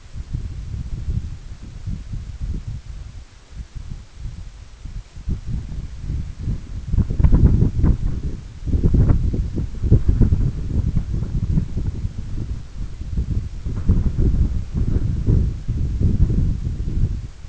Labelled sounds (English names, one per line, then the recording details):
none
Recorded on Arctic tundra, site EABA-1, on 21 June 2018
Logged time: 02:00